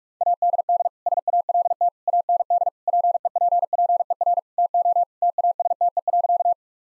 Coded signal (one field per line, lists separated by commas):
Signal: Morse code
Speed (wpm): 41 wpm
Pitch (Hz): 700 Hz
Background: none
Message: ADD SALT AND PEPPER TO TASTE.